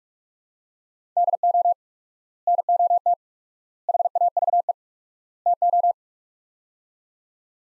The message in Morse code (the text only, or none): DO NOT HAVE TO